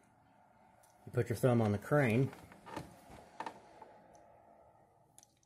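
A thumb rests on the crane of a swung-out revolver cylinder as it is handled before being pushed back into the frame, while someone talks over the first half. Faint handling clicks and taps follow near 3.4, 3.8 and 5.2 seconds, but the cylinder has not latched or seated in the frame yet.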